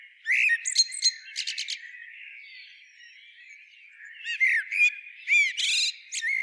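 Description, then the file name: Common blackbird, loud bursts of squeaky twittering and fluty notes at the start and end with a quieter warbling stretch between. "Turdus merula"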